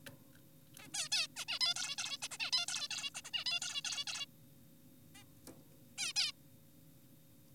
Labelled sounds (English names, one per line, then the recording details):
Zebra Finch
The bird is an adult
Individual g4p5U